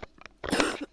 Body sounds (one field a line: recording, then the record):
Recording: coughing mixed with background sound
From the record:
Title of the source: 60 coughing still (deep and wet cough)